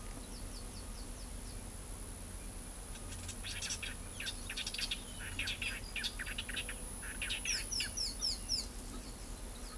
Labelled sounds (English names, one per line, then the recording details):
Carib Grackle
Bicolored Wren
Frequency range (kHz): Carib Grackle 3.8-16.4 kHz; Bicolored Wren 1.3-18.3 kHz
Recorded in pastures near Pivijay, Magdalena, Colombia, on 2 June 2023 at 10:30
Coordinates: 10.456, -74.369
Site P6-G026